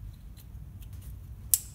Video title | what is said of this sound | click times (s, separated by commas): DETAIL INJECTOR REPLACEMENT KUN26R 2005 2006 HILUX Vigo 1kd/ftv | when you hear a click you're happy | 1.5 s